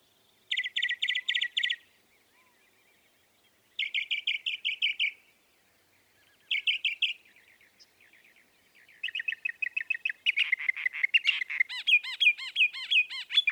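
Northern mockingbird delivering short bursts of rapid trilled notes separated by pauses, followed by a long quick series of varied chirps that grows denser at the end.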